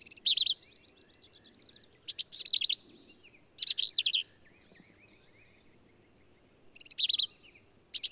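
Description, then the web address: Black-capped vireo song: short, varied phrases of buzzy notes and sharp chattery bursts high in pitch, separated by pauses, over a quiet background. "birdsongforthecurious Black-capped Vireo"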